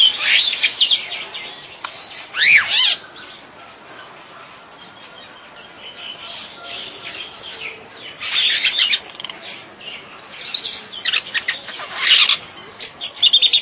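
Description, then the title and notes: Bird giving clusters of scratchy chirps early and again in the second half, with a quieter stretch in the middle. "Bird Sound. Kicau Burung Lengkap"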